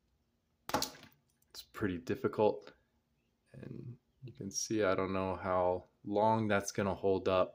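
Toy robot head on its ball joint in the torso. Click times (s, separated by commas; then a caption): 0.7 s. A transforming robot figure's head is worked off its plastic ball joint in the torso, pulled out of the socket so the figure can transform, which proves pretty difficult. A sharp, loud hit at 0.7 s marks the head popping free, and someone talks throughout.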